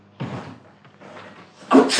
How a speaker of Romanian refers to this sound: Ai auzit? A strănutat cineva la ușa de la intrare.